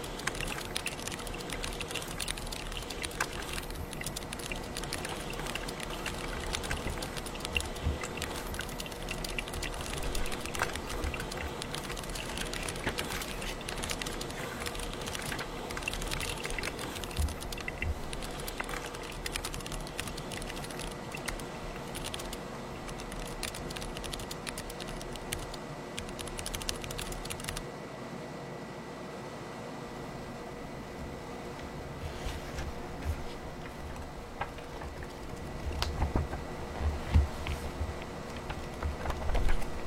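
Typing clatters steadily in quick, dense bursts of small clicks over a constant low hum. Just before the halfway point the brighter hiss drops away and the keystrokes thin out. In the last few seconds, heavier thumps and louder taps build up.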